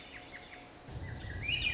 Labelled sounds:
Swainson's Thrush (Catharus ustulatus)

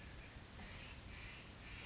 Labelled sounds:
Western Flycatcher (Empidonax difficilis)

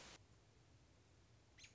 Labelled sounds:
American Robin (Turdus migratorius)

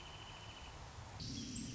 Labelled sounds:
Wrentit (Chamaea fasciata)

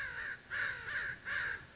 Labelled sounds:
American Crow (Corvus brachyrhynchos)

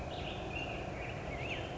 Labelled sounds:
Black-headed Grosbeak (Pheucticus melanocephalus)

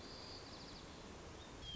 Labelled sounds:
White-crowned Sparrow (Zonotrichia leucophrys)

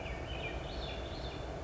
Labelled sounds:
Swainson's Thrush (Catharus ustulatus)

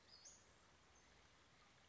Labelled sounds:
Western Flycatcher (Empidonax difficilis)

